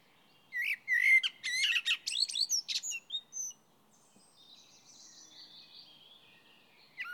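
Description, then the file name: Common blackbird song phrase of mellow warbled notes breaking into rapid squeaky twitters, followed by faint high twittering in the background. "Turdus merula"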